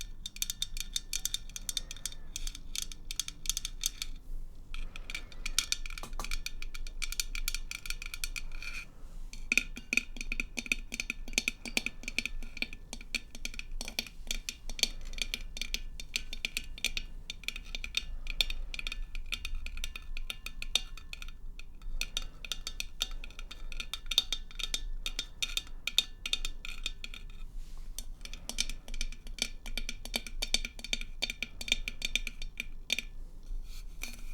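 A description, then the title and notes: Rapid tapping clicks on and off for the whole stretch, bright and dense, in quick bursts with brief pauses near 5, 9, 21 and 28 seconds. A low steady hum runs underneath, and the sharp ticks sound faintly like cutlery or glass. Tapping.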